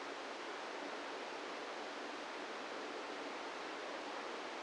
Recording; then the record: brain microelectrode recording played as sound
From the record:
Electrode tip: inside the subthalamic nucleus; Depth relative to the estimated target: -1 mm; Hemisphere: right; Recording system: NeuroSet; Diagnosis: Parkinson's disease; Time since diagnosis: 17 years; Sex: male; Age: 64 years